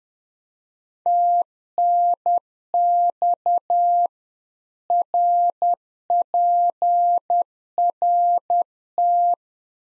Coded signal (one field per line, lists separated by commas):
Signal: Morse code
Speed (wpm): 10 wpm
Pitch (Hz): 700 Hz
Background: none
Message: TNX RPRT